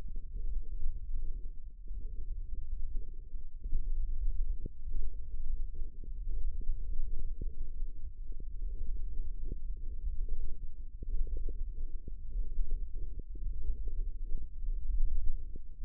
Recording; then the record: forearm muscle sounds (acoustic myography)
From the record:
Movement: tripod grip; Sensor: system 1, eight BSWA MPA416 microphones around the upper forearm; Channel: 6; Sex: male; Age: 18 years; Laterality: right